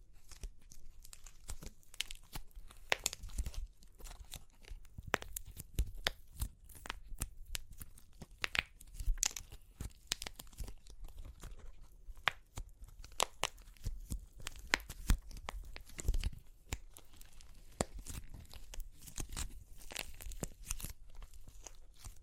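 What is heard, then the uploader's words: Crunchy clay cracks and crumbles in a dense run of sharp snaps and crackles across the whole 22 seconds. The breaks come irregularly, some louder and brighter than others, over a low rustling bed, with a few heavier crunches around 3, 9 and 16 seconds. Super Crunchy Clay Cracking (No Talking).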